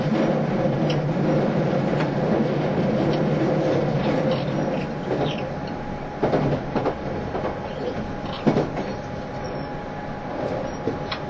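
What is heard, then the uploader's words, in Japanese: A JR East E351 Super Azusa train runs with a steady dense rumble, a thin whine, and sharp clanks around six and eight seconds. E351系 Sあずさ18号02 甲府～八王子。全車引退したJR東日本唯一の振り子式車両であったE351系、速達運用だったSあずさを収録したものです。走行音。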